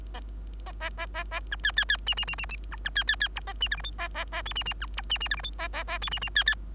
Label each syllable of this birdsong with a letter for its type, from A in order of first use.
A A A A A B C C C D D D D D B B C C C E A D F G H A A A I D D B E D D F G H A A A I D D C C